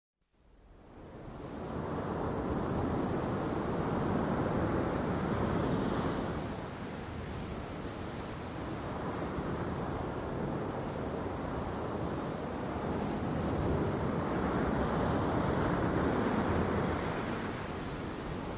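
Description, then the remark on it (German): Steady roaring surf with broad, hissing wash, swelling and easing in long waves as breakers crash and recede on the shore; no voices, just continuous loud ocean noise. “in dieser Brandung ertrunken ist”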